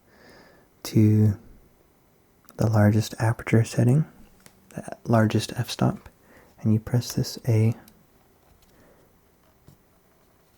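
Someone talks softly while handling a 35mm film camera lens, with the metal aperture ring set to the largest f-stop and a lock button being pressed, with faint brief ticks near 2.5 s and 8.6 s. The ring has not yet been turned past that point, and nothing has clicked into the automatic position.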